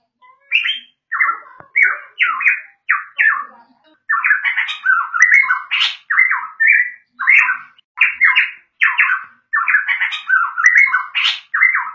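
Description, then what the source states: Straw-headed bulbul song: loud, rich, bubbling warbled phrases in quick succession, with brief gaps that shorten after the first few phrases. Training recording of song for cage birds.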